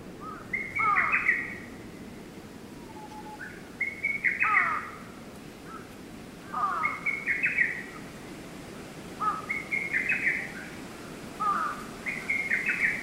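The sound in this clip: Lesser cuckoo song: five bursts of sharp, staccato whistles, each phrase starting low then jumping higher, repeated steadily every two to three seconds.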